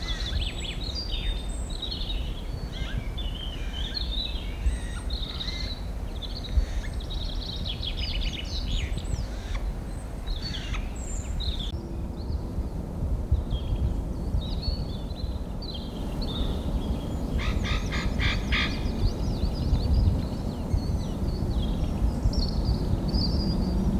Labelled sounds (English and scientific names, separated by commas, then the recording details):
Spotted Nutcracker (Nucifraga caryocatactes)
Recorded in the wild
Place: Mirnock, Nockberge, Kärnten, AT
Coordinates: 46.758, 13.7144
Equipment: Uher 4000
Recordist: Brunner, Thomas